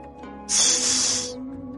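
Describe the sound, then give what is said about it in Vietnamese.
A sharp, sustained hiss bursts in and holds steady for under a second before cutting off, bright and airy, laid over a low tonal hum. “Lăng Phong không suy nghĩ rầm dài, hắn cực ghét cái tiếng xì của tên kia.”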